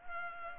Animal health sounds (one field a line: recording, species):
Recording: mosquito wingbeat signal from an infrared sensor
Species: Culex pipiens